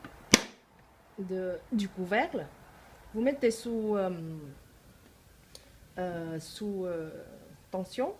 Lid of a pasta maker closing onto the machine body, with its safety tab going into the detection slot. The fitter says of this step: Vous entendez le clic